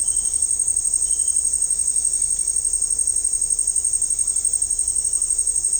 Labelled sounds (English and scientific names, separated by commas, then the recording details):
none
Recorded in dense forest near Puerto Asís, Putumayo, Colombia, on 20 December 2024 at 17:00
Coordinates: 0.499, -76.324
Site G045